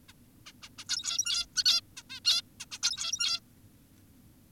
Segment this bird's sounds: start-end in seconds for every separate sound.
0.09-0.13, 0.46-0.52, 0.63-0.69, 0.78-0.84, 0.89-1.46, 1.56-1.64, 1.66-1.81, 1.97-2.03, 2.10-2.20, 2.25-2.42, 2.60-2.66, 2.72-2.79, 2.83-3.40